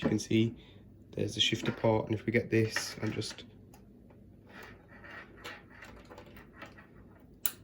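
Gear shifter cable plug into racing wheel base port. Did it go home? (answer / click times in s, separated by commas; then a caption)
yes / 7.5 s. A gear shifter's cable plug for a PXN V9 racing wheel set is pushed into the shifter port on the back of the racing wheel base while someone talks. Quiet handling noises follow, then a sharp click at 7.5 s as the plug seats in the port.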